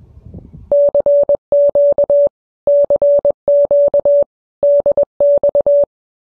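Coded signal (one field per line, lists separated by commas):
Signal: Morse code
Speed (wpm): 21 wpm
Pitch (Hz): 570 Hz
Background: none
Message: CQ CQ DX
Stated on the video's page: Repeater test from a Yaesu FT65 5 W handheld accessing local repeaters.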